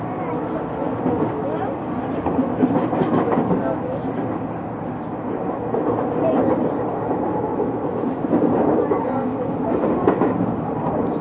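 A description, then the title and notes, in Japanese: Inside a commuter express train running steadily, a dense low rumble and rolling clatter with voices murmuring through the car throughout. 東急6000系 あざみ野〜大井町。田園都市線から大井町線に直通する急行大井町行を録音。二子玉川から大井町線に入る。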